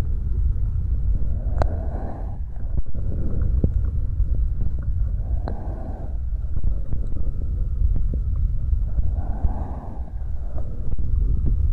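Wet mouth sounds with soft lip smacks and small clicks scattered irregularly through the clip, a few sharper pops near the second and fifth seconds. Underneath runs a steady low rumble and breathy rush, swelling and easing like slow breaths.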